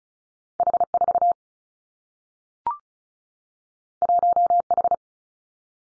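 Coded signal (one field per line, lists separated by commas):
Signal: Morse code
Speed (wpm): 36 wpm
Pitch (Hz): 700 Hz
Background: none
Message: H 4 1 H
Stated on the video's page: Morse practice at 35 wpm on confusable letter-number pairs, each combination sent twice for head-copy training.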